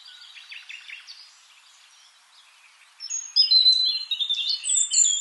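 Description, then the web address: European robin song, a soft scratchy twitter followed by a burst of loud, high, clear whistled notes and quick tumbling phrases. "SETE Erithacus rubecula"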